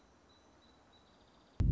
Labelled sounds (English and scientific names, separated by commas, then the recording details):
Song Sparrow (Melospiza melodia)
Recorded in Sonoma County, California